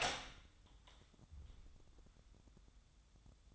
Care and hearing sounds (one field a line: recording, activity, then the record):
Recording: daily activity, microphone in the room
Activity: open door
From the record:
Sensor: 3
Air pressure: 1004.9 hPa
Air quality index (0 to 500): 74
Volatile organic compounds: 2 ppm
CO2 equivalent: 1110 ppm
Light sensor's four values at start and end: 9/20/8/8 and 9/20/8/8